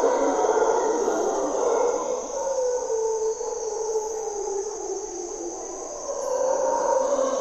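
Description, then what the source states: Mantled howler monkey howls, rolling roars that dip and then return, accompanied by a steady high insect hum. Mantled howler monkeys (Monos Congos) waking the jungle at morning twilight, Parque Nacional Corcovado, Osa Peninsula, Costa Rica; primary hardwood forest, deep river valley; grunts and calls.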